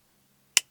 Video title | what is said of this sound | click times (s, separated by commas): Pocket Knives You Should Pay Attention To WAKE UP | it snaps into place you have two little uh detent or it's actually two little liners | 0.6 s